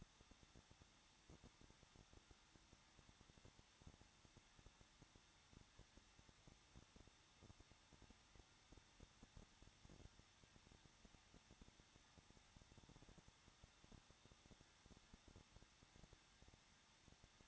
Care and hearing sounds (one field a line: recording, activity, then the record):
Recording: daily activity, microphone in the room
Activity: no activity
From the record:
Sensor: 3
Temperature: 21.2 degrees Celsius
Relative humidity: 36.4%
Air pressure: 1006.3 hPa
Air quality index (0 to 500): 222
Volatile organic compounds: 42 ppm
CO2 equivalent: 3177 ppm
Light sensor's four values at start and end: 2/3/2/2 and 2/3/2/2